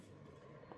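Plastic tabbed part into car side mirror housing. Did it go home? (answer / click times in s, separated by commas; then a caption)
no / none. A replacement plastic trim piece with snap tabs is handled and pushed toward the side mirror housing of a LandCruiser 80 Series. Only a steady, low-pitched rumble is heard, with a small swell around 0.7 s. Nothing has seated or clicked yet.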